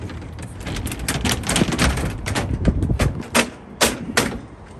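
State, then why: Seated. A rolled-out Revolver X4s hard roll-up truck bed cover with aluminum slats is latched closed into the truck bed rails on both sides, with a run of sharp clattering knocks throughout. The loudest snap, at 4.2 s, is the latch clicking in and locking the cover.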